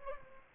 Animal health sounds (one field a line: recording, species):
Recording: mosquito wingbeat signal from an infrared sensor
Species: Aedes albopictus